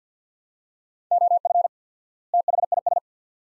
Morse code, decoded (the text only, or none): OF THIS